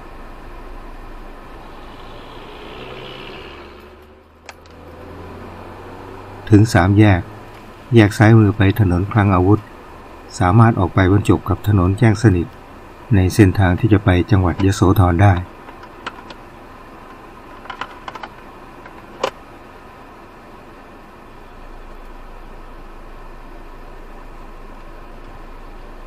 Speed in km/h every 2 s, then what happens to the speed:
0, 0, 0, 0, 0, 0, 0, 0, 0, 0, 0, 0, 0.
0-26 standing.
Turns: none.